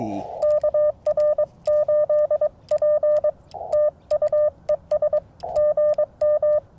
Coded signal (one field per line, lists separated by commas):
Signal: Morse code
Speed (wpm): 22 wpm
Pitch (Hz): 600 Hz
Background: radio noise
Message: KR8P TU ES GM